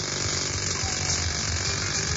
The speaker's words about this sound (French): Non, monsieur, me dites pas que vous êtes en train de percer la tombe du soldat inconnu avec un marteau piqueur. Ah bah si, et depuis une heure.